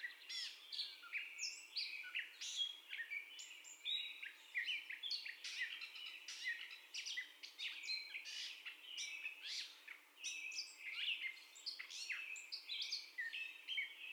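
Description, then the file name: Gray catbird singing a continuous jumble of chattering, squeaky and mewing notes, short varied phrases tumbling one after another without repeating. First song, recorded 30 May 2021 at 04:48. "2021-05-30 Catbird First Song"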